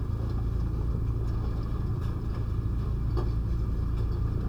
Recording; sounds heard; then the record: poultry house recording; no chicken sound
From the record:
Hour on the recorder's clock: 3